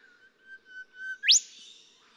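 Golden whistler song: a few soft steady whistles on one pitch, then a loud whistle sweeping sharply upward into a whipcrack-like ending.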